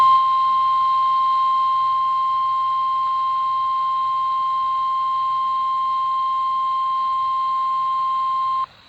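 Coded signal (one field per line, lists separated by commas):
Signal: Emergency Alert System (SAME) tones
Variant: 1050 Hz attention tone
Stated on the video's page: NOAA Weather Radio required weekly test, last one sent over a phone line.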